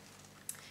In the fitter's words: je suppose donc que ça doit être en dessous, voilà, ça se clipse.